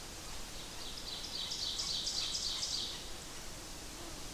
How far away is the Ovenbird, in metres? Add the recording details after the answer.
about 50 m. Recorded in boreal forest in Alberta, Canada, on 8 June 2016 at 07:23. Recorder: SongMeter 3, array SBT-3-9. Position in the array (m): 50 m, 108 m. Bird 33